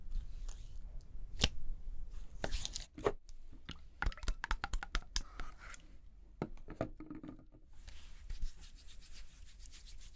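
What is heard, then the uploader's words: Makeup being applied: short rubbing and scratching strokes, with a busy run of quick taps and clicks between about two and five seconds. Softer brushing fills the gaps, and a low rumble sits underneath throughout, ending in a steadier hiss. Doing Your Makeup ASMR No Talking.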